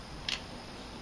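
A recurve bow limb is taken apart from the riser limb pocket of a Bob Lee Stabi-Lock limb system, and it clicks out of the riser lock. A single short, sharp click sounds at 0.3 s over a quiet, steady background. The limb is released.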